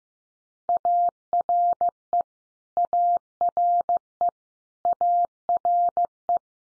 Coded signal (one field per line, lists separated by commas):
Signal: Morse code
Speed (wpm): 15 wpm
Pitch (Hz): 700 Hz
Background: none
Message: ARE ARE ARE